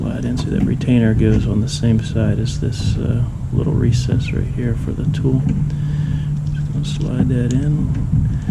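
A plastic terminal retainer is slid into the recess of a gauge-cluster wiring harness connector housing on a 1963 Corvette while someone talks over a low, steady hum. Nothing has seated or clicked yet.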